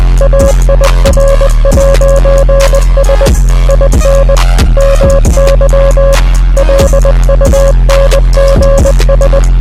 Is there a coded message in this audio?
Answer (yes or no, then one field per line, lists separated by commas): yes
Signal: Morse code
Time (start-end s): 0.2-9.4 s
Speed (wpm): 20 wpm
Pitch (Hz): 550 Hz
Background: music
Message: AIR'S IN MY LUNGS